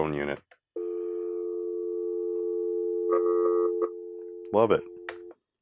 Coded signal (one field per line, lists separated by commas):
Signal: telephone call progress tone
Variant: North America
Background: speech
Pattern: dial tone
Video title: Merlin Phone Haul